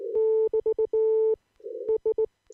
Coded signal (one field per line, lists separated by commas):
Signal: Morse code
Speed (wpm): 19 wpm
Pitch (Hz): 440 Hz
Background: none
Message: <BT> S